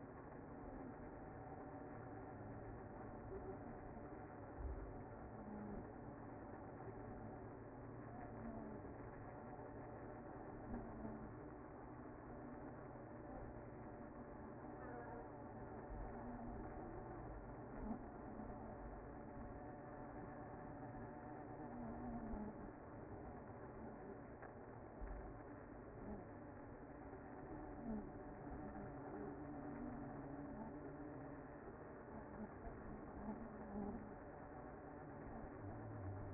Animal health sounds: honeybee colony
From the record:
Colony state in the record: active

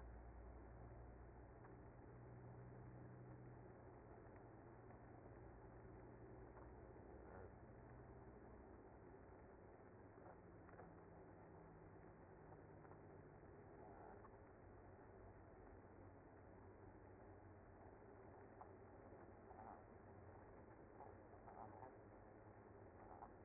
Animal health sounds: honeybee colony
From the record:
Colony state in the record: active

